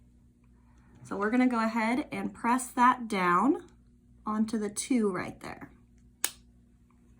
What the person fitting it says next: So you'll feel that click into place as well.